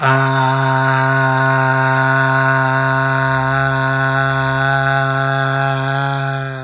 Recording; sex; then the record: sustained vowel /a/; male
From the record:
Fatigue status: fatigue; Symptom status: symptomatic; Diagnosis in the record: COVID-19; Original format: m4a